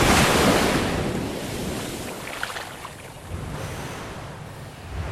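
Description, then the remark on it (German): A breaking ocean wave crashes loudly at the start, heard from underwater with the exploding foam above, then fades into a steady hiss of churning surf foam with faint bubbling, under gusty wind noise and no voices. “Unter Wasser, der Druck des explodierenden Schaumes über mir.”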